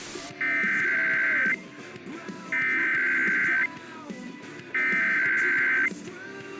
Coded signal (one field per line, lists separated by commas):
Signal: Emergency Alert System (SAME) tones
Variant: header bursts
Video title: EAS Mock: Burning Storm